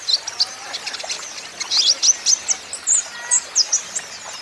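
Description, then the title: Van Hasselt's sunbird giving a quick run of high, thin, squeaky chips and short slurred notes over low hiss. Caged young green-plumaged (konin ijoan) kolibri ninja in energetic (gacor) song; used as a lure and for training so untrained konin birds answer. "KOLIBRI NINJA KONIN IJOAN GACOR COCOK UNTUK PANCINGAN TERAPI KONIN BAHAN PASTI NYAUT"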